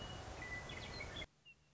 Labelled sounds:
Western Meadowlark (Sturnella neglecta)
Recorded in Sonoma County, California

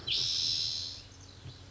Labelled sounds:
Spotted Towhee (Pipilo maculatus)
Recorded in Sonoma County, California

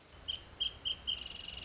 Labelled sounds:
Wrentit (Chamaea fasciata)
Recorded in Sonoma County, California

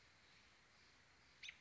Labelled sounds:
American Robin (Turdus migratorius)
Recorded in Sonoma County, California

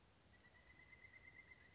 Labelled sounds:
Pileated Woodpecker (Dryocopus pileatus)
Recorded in Sonoma County, California

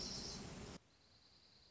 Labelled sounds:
Dark-eyed Junco (Junco hyemalis)
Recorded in Sonoma County, California

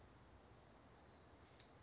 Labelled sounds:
Western Flycatcher (Empidonax difficilis)
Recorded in Sonoma County, California

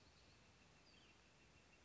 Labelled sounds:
Northern Flicker (Colaptes auratus)
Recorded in Sonoma County, California

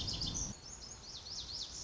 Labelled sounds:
Lazuli Bunting (Passerina amoena)
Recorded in Sonoma County, California

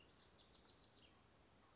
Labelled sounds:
House Wren (Troglodytes aedon)
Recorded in Sonoma County, California

